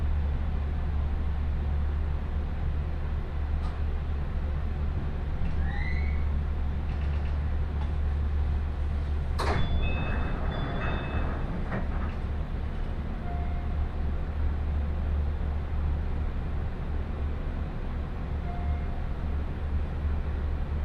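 Inside a train on the Chuo West Line, a heavy steady low rumble runs throughout. Around ten seconds a sharp clank and burst of rattling cut through, with brief squeaks and faint high tones scattered near six and later around thirteen and nineteen seconds.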